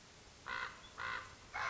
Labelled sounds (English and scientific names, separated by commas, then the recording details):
Common Raven (Corvus corax)
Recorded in Sonoma County, California